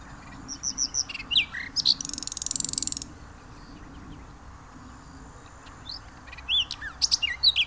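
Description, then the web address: Common nightingale song in short bursts: sharp whistled notes, a buzzy rattling phrase, a pause, then more high chirps. "venezia guida. usignolo"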